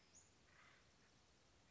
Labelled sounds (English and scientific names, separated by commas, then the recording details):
Acorn Woodpecker (Melanerpes formicivorus)
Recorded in Sonoma County, California